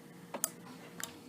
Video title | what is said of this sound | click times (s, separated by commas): New Home Janome SD2014 Model Sewing Machine THREADING THE MACHINE | did you hear that little snap? I'm gonna do it again. | 0.4 s